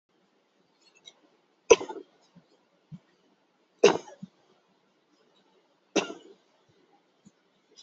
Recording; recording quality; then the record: shallow voluntary cough; excellent, no background noise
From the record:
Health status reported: healthy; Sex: male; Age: 28 years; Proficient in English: yes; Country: India